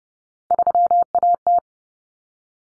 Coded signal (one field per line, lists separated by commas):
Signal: Morse code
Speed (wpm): 30 wpm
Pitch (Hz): 700 Hz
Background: none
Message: 3AT